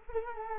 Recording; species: mosquito wingbeat signal from an infrared sensor; Culex quinquefasciatus